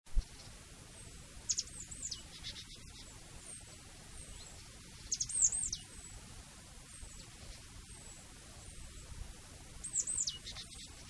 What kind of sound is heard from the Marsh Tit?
call